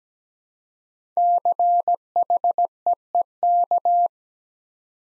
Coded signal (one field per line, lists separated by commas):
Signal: Morse code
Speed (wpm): 17 wpm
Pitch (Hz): 700 Hz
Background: none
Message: CHEEK